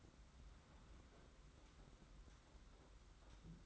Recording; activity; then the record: daily activity, microphone in the room; open fridge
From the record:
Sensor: 3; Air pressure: 991.8 hPa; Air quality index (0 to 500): 216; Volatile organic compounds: 1000 ppm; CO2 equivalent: 7369 ppm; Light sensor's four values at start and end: 33/97/39/33 and 33/97/39/33